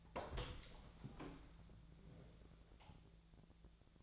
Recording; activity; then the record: daily activity, microphone in the room; open door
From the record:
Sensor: 3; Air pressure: 1000.5 hPa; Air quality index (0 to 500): 182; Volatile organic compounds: 4 ppm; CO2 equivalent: 1582 ppm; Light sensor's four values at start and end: 12/29/12/13 and 12/29/12/13